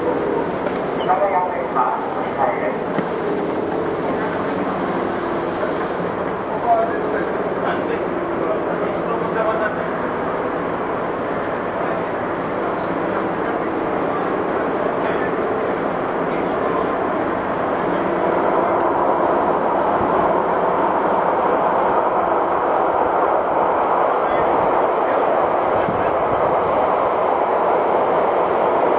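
A Tokyu 8500 series train on its run toward Azamino, heard as a constant dense rumble and roar. Faint shifting motor tones rise and fall in the first half, and the noise swells louder at around 18 seconds and stays there to the end.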